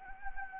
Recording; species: mosquito wingbeat signal from an infrared sensor; Anopheles gambiae